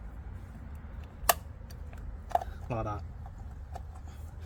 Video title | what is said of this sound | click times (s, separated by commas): Quickly Remove and Replace Centre Caps | didn't snap one, but you can see when that last sort of section just doesn't want to go. | 1.3 s, 2.4 s